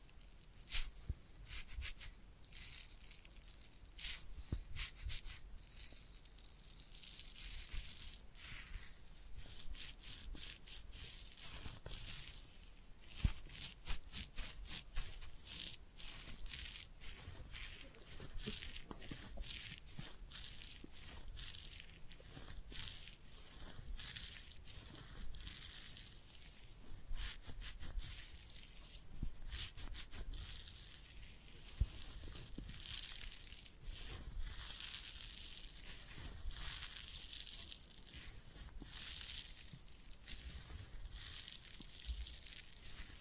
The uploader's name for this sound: Real Head Massage and Ear Cleaning